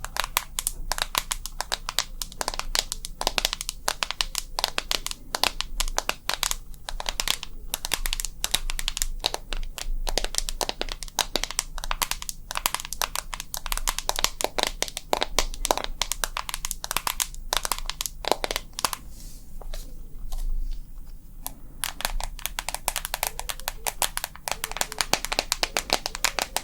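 Tapping runs throughout as a dense string of sharp, bright clicks with a crinkly, crumpling texture, coming in quick irregular clusters. Around twenty seconds the taps thin out and soften briefly before picking up again. A faint low hum sits underneath.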